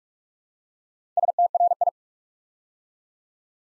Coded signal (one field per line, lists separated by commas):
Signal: Morse code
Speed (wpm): 44 wpm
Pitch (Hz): 700 Hz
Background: none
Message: STRI